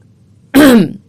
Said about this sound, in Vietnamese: ngồi thẳng dậy rồi hắng giọng.